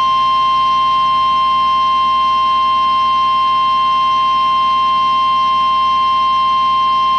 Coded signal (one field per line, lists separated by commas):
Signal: Emergency Alert System (SAME) tones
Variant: 1050 Hz attention tone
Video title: Another Visit to the Deep South | EAS Alerts from March 26th, 2023 (EAS #2296-2312)